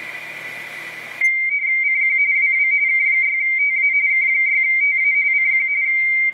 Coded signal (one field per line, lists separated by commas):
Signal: RTTY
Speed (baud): 45.45 baud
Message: CQ WW K6TA K6TA CQ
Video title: Radio Teletype (RTTY) decoded by ICOM 7410 on 10 meters